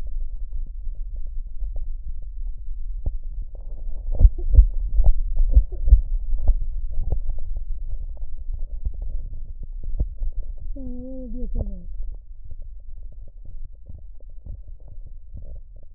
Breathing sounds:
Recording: lung sounds by stethoscope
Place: right posterior basal chest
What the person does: quiet breathing, then cough and speech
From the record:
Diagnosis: interstitial lung disease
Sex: male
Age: 47 years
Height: 159 cm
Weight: 66.8 kg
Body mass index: 26.4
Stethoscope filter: extended mode

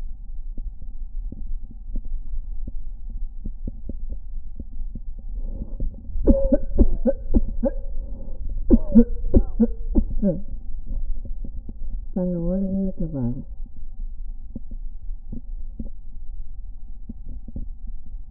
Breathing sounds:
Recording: lung sounds by stethoscope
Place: right anterior apical chest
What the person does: quiet breathing, then cough and speech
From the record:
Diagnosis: asthma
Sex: female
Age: 66 years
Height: 172 cm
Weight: 76 kg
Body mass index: 25.7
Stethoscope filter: diaphragm mode

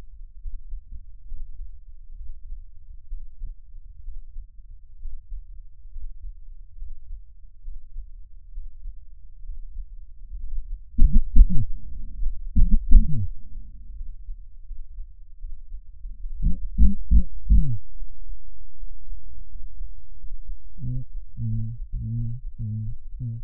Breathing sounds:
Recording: lung sounds by stethoscope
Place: right anterior apical chest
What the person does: quiet breathing, then cough and speech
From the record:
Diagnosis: none (healthy)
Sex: male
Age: 30 years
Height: 190 cm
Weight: 88 kg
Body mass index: 24.4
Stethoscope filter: bell mode

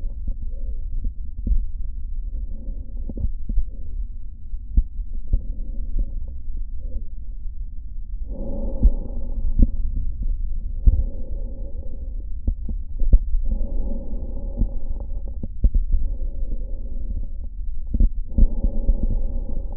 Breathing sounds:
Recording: lung sounds by stethoscope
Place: left posterior basal chest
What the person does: quiet breathing, then deep breathing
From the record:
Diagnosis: interstitial lung disease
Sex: male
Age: 74 years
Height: 160 cm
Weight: 54 kg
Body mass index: 21.1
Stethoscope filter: diaphragm mode

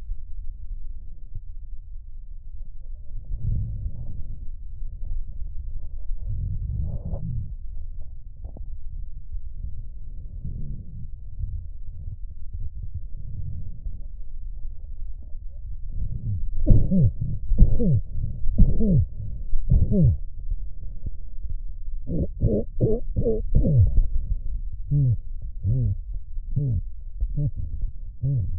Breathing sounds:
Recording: lung sounds by stethoscope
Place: left posterior apical chest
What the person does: quiet breathing, then cough and speech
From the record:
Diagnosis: COPD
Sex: male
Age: 70 years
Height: 170 cm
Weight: 74 kg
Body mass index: 25.6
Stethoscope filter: extended mode

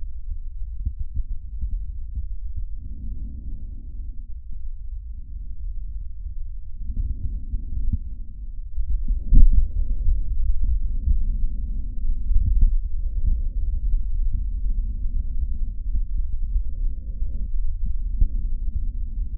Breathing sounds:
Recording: lung sounds by stethoscope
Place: trachea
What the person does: quiet breathing, then deep breathing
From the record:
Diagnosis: interstitial lung disease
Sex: male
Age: 65 years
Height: 161 cm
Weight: 74.6 kg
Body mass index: 28.8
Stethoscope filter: bell mode

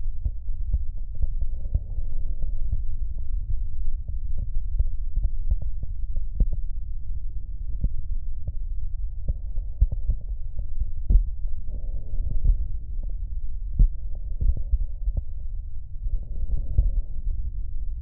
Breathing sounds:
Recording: lung sounds by stethoscope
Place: right posterior basal chest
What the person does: quiet breathing, then deep breathing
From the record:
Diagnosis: COPD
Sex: female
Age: 75 years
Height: 155 cm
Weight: 67.6 kg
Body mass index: 28.1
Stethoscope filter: extended mode

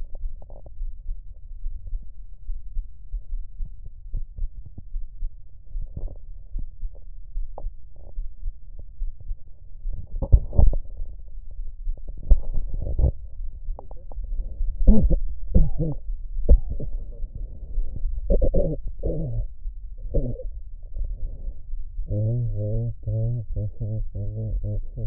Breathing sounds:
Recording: lung sounds by stethoscope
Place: right anterior apical chest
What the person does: quiet breathing, then cough and speech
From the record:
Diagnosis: none (healthy)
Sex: male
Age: 35 years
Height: 186 cm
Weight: 108 kg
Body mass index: 31.2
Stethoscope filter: extended mode

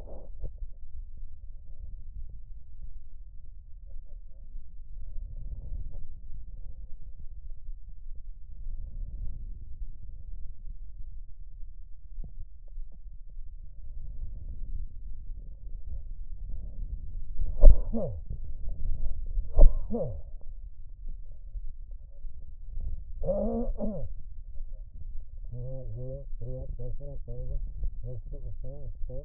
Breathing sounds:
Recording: lung sounds by stethoscope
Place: left posterior basal chest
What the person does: quiet breathing, then cough and speech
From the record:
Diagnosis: pulmonary infection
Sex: male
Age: 54 years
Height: 187 cm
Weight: 95 kg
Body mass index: 27.2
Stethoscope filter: extended mode

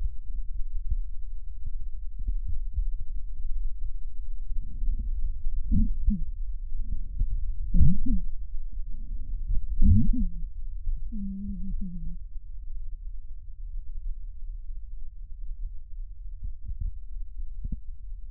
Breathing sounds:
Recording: lung sounds by stethoscope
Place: left posterior basal chest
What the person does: quiet breathing, then cough and speech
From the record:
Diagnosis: interstitial lung disease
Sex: female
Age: 65 years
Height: 156 cm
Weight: 66.8 kg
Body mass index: 27.4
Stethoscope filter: bell mode

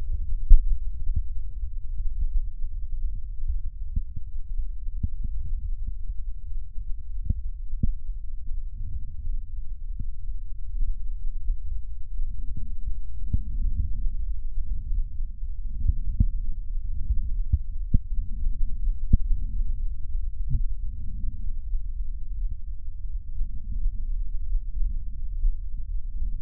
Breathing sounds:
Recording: lung sounds by stethoscope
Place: right posterior apical chest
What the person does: quiet breathing, then deep breathing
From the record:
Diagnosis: none (healthy)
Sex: male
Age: 29 years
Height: 180 cm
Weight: 100 kg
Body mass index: 30.9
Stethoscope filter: bell mode

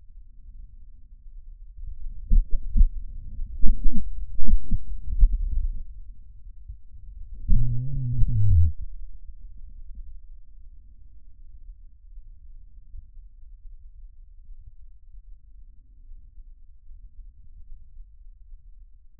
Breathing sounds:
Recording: lung sounds by stethoscope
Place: trachea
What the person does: quiet breathing, then cough and speech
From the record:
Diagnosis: interstitial lung disease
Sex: male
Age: 72 years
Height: 170 cm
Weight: 62.9 kg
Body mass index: 21.8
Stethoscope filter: bell mode

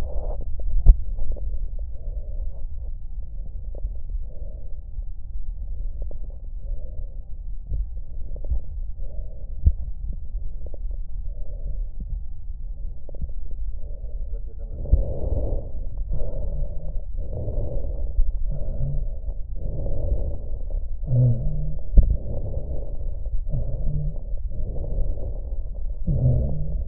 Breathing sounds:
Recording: lung sounds by stethoscope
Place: left posterior basal chest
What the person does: quiet breathing, then deep breathing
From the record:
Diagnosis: interstitial lung disease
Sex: female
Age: 72 years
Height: 153 cm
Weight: 71 kg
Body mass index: 30.3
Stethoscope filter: extended mode

